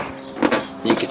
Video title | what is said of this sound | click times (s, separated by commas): 2018 Toyota Tacoma TRD Pro Headlights! | see it all kind of just snaps back in | 0.5 s, 1.0 s